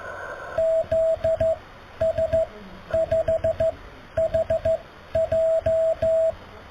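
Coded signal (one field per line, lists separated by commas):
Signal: Morse code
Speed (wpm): 14 wpm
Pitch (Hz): 650 Hz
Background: radio noise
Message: ZS5HJ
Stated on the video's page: Slow-speed QRS contact with a station 482 km away.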